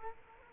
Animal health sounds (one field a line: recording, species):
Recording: mosquito wingbeat signal from an infrared sensor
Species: Culex quinquefasciatus